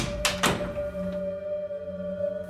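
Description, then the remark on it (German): A door is unlocked and opened: two quick, sharp clunks of the latch, followed by a steady low hum with no one speaking. “Öffne mir die Tür und du kannst sie haben.”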